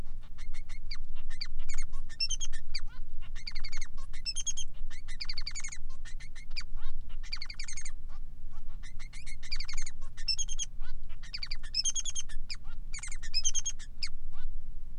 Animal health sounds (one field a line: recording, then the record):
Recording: song of a male Bengalese finch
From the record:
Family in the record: son of father 3